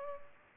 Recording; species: mosquito wingbeat signal from an infrared sensor; Culex pipiens